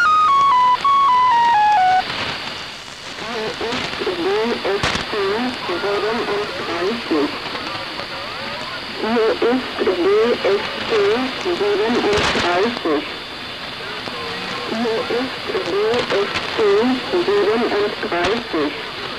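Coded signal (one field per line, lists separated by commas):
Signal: numbers station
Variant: G14, German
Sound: short descending tone melody, then a voice reading numbers over hiss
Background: radio static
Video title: Zahlensender/Number Station "G14" ("DFC-37") (14.05.1983) (19:05 UTC)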